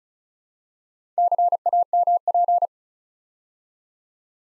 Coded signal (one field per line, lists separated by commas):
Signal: Morse code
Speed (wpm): 36 wpm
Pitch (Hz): 700 Hz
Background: none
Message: CAMP